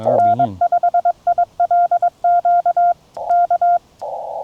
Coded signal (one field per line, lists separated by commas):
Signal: Morse code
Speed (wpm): 22 wpm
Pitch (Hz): 1400 Hz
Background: none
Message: N5ILQ K